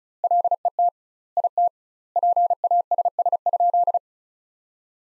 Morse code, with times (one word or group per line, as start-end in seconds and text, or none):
0.2-0.9 LET
1.4-1.7 IT
2.2-4.0 PASS?